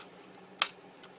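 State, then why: Seated. A plastic hip joint on a Transformers Generations Fall of Cybertron Voyager Class Autobot Blaster transforming robot action figure is popped out during transformation. A sharp, loud click comes at 0.6 s, followed by a faint tick at about 1.0 s against a quiet background. The hip joint snaps into place.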